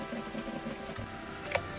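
A wiring harness connector is plugged by hand into the engine computer (ECU) module of a Volvo Penta engine during a head install, with music playing in the background. A single sharp snap at 1.6 s marks the connector seating home.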